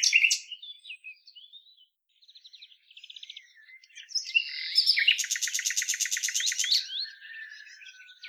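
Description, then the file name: Common nightingale song, varied phrases of chirps and whistles, then a loud rapid repeated rattling trill lasting nearly two seconds. "Luscinia megarhynchos"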